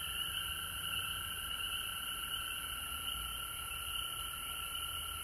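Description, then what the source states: Continuous frog chorus of overlapping trills, steady and unchanging. Recorded at home in Georgia on March 19, 2020.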